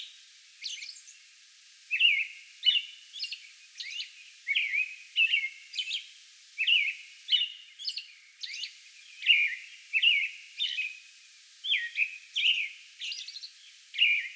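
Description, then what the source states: American robin singing a long stream of short whistled phrases with high squeaky notes. Song bout recorded May 11.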